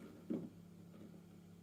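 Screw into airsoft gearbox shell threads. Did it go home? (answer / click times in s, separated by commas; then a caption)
no / none. A screw is being handled over the existing threads of a KWA T10 airsoft gearbox shell during a Gate Titan installation, so it can be turned counter-clockwise to find its original thread and avoid ruining the screw or shell threads. A brief soft knock around 0.3 s rises over a low, steady hum, then only the hum continues. Nothing has seated or clicked yet.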